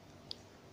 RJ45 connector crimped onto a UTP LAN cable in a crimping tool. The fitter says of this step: tekan Sampai bunyi tik ah